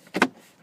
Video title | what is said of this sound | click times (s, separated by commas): 2011-2015 Ford Explorer Loud Clicking In The Dash Repair | trim panel back on Snap | 0.2 s